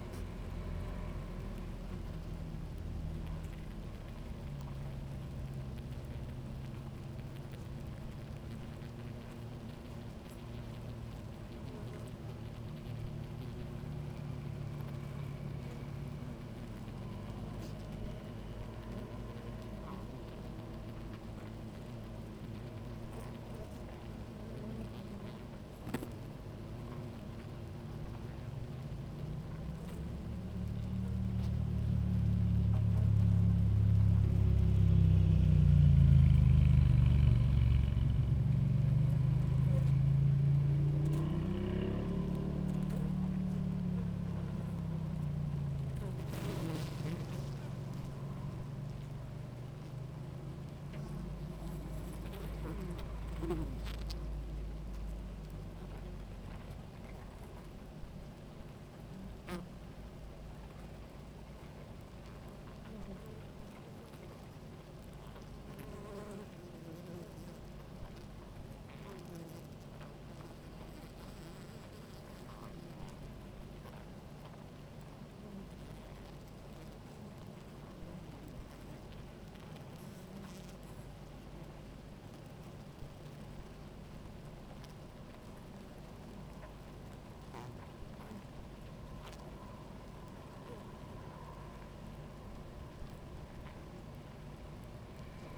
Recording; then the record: honeybee colony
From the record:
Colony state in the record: active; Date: 28 July 2017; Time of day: 17:16